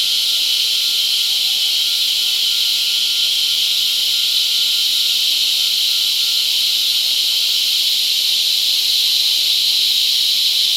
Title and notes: Apareamiento De Cigarras La Convención Peru by Alejandro Cornejo Montibeller